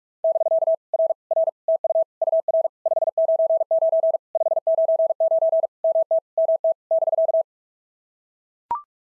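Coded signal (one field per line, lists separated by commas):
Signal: Morse code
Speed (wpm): 44 wpm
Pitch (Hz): 660 Hz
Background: none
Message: <BK> R R TU UR 599 599 MT MT <BK>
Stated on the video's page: Morse practice of POTA contact exchanges at 45 wpm, each sent in Morse, then spoken, then sent again.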